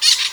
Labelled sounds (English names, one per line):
Brown-throated Parakeet contact call